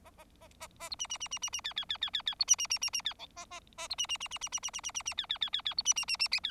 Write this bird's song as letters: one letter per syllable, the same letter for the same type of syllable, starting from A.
A A A A A B C C C C C C D D D D D D B C C C C C D E A A A B C C C C C C C C C C C D D D D D B C C C C